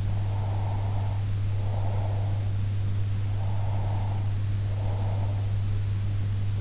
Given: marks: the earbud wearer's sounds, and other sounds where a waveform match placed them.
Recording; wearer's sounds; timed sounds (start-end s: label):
sounds in sleep by an in-ear microphone; breath
0.00-2.54 s: breath
3.37-5.57 s: breath